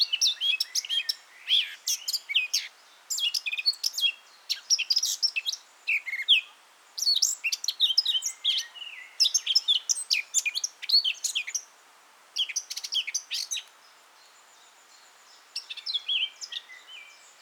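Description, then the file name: Eurasian blackcap giving repeated bursts of fast, scratchy notes with brief gaps, ending in softer, sparser notes. "Sylvia atricapilla"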